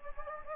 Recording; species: mosquito wingbeat signal from an infrared sensor; Anopheles gambiae